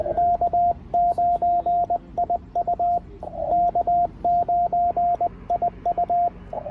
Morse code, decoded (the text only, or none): K9IU K9IU